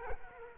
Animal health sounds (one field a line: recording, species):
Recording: mosquito wingbeat signal from an infrared sensor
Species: Culex quinquefasciatus